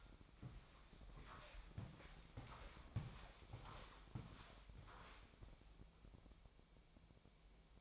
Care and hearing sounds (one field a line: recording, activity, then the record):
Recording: daily activity, microphone in the room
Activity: walk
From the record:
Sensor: 1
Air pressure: 1000.6 hPa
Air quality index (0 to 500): 168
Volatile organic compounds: 4 ppm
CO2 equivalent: 1558 ppm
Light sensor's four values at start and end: 13/32/13/15 and 13/33/13/15